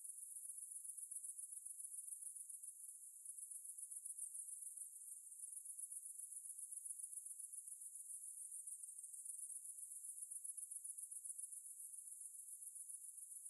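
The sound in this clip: Cicada song, a continuous high shrill buzz with a fast pulsing texture, steady throughout with slight swells in loudness.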